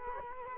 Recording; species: mosquito wingbeat signal from an infrared sensor; Culex quinquefasciatus